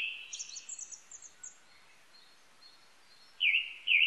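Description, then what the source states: Japanese thrush song: a high twittering sequence that fades, followed after a pause by two loud, clear down-up whistled notes. Recorded on 19 April 1998.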